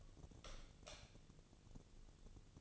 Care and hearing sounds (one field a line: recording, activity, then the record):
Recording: daily activity, microphone in the room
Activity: light off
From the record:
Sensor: 4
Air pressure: 1000.8 hPa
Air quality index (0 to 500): 124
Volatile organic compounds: 1 ppm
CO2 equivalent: 932 ppm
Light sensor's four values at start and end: 40/100/41/46 and 38/91/38/42